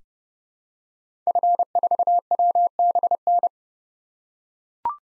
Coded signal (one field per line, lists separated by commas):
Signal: Morse code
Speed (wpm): 30 wpm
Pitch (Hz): 700 Hz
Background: none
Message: F4WBN